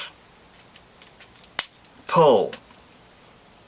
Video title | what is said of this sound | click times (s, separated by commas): Make Toys "Striker Manus". Possibly, the nicest feeling toy i own | it makes a nice look quite a nice little click but it's also got some white it's | 1.6 s